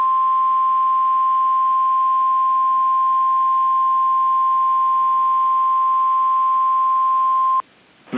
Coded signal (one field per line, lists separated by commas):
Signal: Emergency Alert System (SAME) tones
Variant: 1050 Hz attention tone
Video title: 3-2-19 Winter Storm Warning (EAS #302)